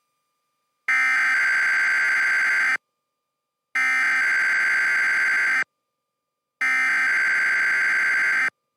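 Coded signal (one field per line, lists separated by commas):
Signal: Emergency Alert System (SAME) tones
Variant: header bursts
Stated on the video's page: NOAA Weather Radio Required Weekly Test from WXL40, relayed on a TFT EAS 911 with audio cabled to a laptop; the on-screen scroll is edited in.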